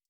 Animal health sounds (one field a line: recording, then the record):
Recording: hydrophone in a shrimp aquaculture tank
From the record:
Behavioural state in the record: stressed